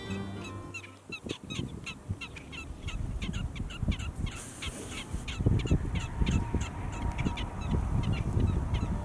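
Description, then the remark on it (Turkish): Prairie dogs giving sharp, repeated warning barks, a rapid series of high, chirpy yips that overlap and keep going throughout, with a low rumbling background and no talking. “Bu davranışa havlama deniyor ya da çığlık, uyarı çığlığı deniyor. Zaten isimlerini de buradan alıyorlar. Çayır köpekleri denmesinin nedeni çıkardıkları bu ses ve çayırda yaşıyor olmaları.”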